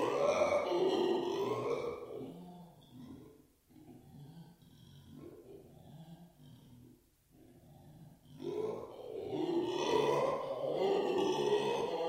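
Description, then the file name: Black-and-gold howler monkey howl, loud rasping roaring at the start, fading to quieter low grunts in the middle, then swelling back into a full roar near the end. "alouatta caraya"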